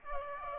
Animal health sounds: mosquito wingbeat signal from an infrared sensor; Aedes aegypti

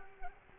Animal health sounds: mosquito wingbeat signal from an infrared sensor; Culex quinquefasciatus

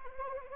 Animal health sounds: mosquito wingbeat signal from an infrared sensor; Anopheles arabiensis

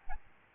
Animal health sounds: mosquito wingbeat signal from an infrared sensor; Aedes albopictus

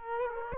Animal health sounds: mosquito wingbeat signal from an infrared sensor; Aedes aegypti

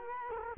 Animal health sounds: mosquito wingbeat signal from an infrared sensor; Culex quinquefasciatus

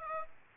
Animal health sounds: mosquito wingbeat signal from an infrared sensor; Aedes aegypti

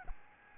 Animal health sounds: mosquito wingbeat signal from an infrared sensor; Aedes albopictus

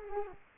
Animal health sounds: mosquito wingbeat signal from an infrared sensor; Culex quinquefasciatus

